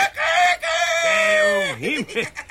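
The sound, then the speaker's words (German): A person imitates a rooster's crow with a single strained, drawn-out call that holds a high pitch, then wavers and breaks into a few rising and falling vocal yelps at the end. “Und jetzt kommt noch ein Hahn.”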